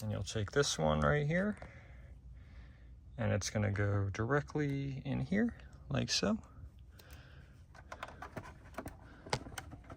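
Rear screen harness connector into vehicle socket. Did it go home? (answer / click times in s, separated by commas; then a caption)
yes / 9.3 s. Someone talks while a rear screen harness connector, part of a Hansshow H86 rear screen that enables massage seats in a Tesla Model 3/Y, is pushed directly into its vehicle socket. Light clicking and handling noises follow, and the connector snaps into place with a sharp click at 9.3 s, fully seated.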